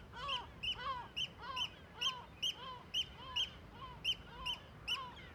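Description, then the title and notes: Gull alarm calls, quick harsh yelps repeated more than twice a second. Large cliff amphitheatre above Viðarlundin woodland, Kunoy, Faroe Islands; gulls alarmed at the recordist's approach; quadraphonic recording, MixPre6II with DPA 4021 and 4022 microphones. "Le Palais des mouettes . Grand Cirque . Kunoy, Îles Féroé. Iles Féroé, KUNOY, nous sommes au dessus la forêt de Viðarlundin í Kunoy, le Cirque est énorme et les mouettes et autres oiseaux se mettent en alerte"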